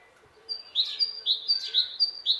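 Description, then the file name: Great tit singing quick, ringing two-note phrases, repeated several times in a brief burst. "Parus major"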